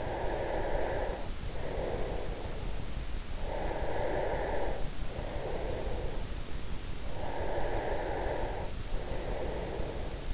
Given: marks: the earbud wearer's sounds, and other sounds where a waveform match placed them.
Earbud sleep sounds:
sounds in sleep by an in-ear microphone; breath
0.00-2.75 s: breath
3.32-6.50 s: breath
7.02-10.34 s: breath

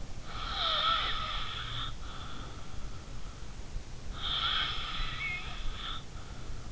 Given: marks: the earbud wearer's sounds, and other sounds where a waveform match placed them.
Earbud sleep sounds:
sounds in sleep by an in-ear microphone; snoring breath
0.30-2.79 s: snoring breath
4.22-6.72 s: snoring breath

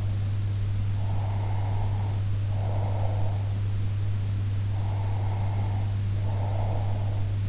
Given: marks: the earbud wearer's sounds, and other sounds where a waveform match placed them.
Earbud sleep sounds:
sounds in sleep by an in-ear microphone; breath
0.87-3.47 s: breath
4.58-7.21 s: breath

